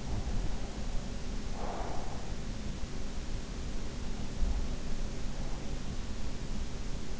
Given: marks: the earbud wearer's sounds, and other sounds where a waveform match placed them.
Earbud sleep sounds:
sounds in sleep by an in-ear microphone; breath
0.41-2.63 s: breath

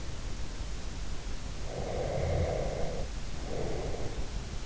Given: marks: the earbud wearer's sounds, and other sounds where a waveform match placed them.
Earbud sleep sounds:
sounds in sleep by an in-ear microphone; breath
1.61-4.23 s: breath

